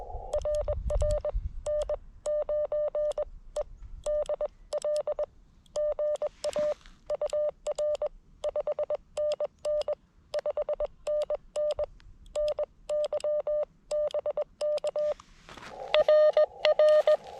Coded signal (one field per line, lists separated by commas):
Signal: Morse code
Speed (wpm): 18 wpm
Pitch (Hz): 590 Hz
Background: none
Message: RR N9EDL GA UR 5NN 5NN NY BK RR